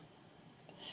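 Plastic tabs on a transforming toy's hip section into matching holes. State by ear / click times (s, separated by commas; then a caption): not seated / none. The hip section of a Generations Autobot Springer transforming toy is bent up so its two plastic tabs meet two matching holes; the tabs line up but fail to lock into place, a flaw of the figure. Only faint, quiet handling noise is heard, with one soft brief tap around 0.7 s. Nothing has seated or clicked yet.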